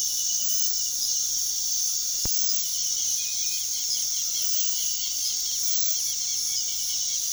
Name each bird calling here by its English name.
Southern Lapwing